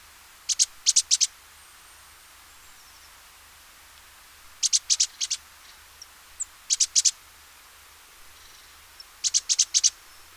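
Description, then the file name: Great tit giving several quick runs of three to five sharp, high notes, with a few scattered soft ticks between. "Parus major"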